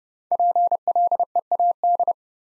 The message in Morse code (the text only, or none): PLEAD